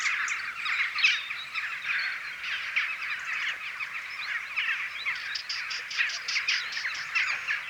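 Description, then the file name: Western jackdaw calls: overlapping short, chattering notes, with a quick run of evenly spaced notes toward the end. "Western Jackdaw Coloeus monedula"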